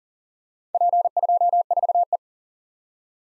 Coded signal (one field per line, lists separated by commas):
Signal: Morse code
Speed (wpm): 41 wpm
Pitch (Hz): 700 Hz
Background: none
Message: P24E